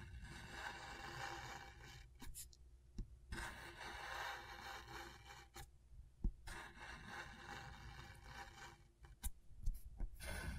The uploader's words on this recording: ASMR Brain Tingling Scratchboard (No Talking).